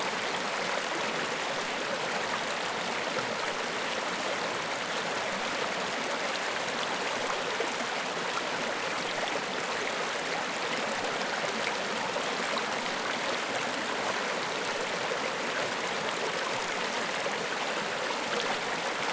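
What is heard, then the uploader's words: A river runs steadily over nineteen seconds, its dense rushing hiss unbroken and even in loudness from start to finish. The water sounds bright and splashy through the upper range, with little low rumble and no distinct events standing out. A River Runs Through It. Water and nature sounds.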